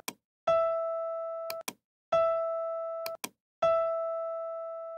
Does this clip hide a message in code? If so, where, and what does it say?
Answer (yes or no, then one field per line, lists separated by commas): no